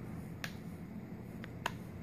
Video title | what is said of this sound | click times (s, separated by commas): SOLVED - How to Fix DEAD Nexus 4 - Red Light Shows or Blinking | see you hear the click | 0.4 s, 1.4 s, 1.7 s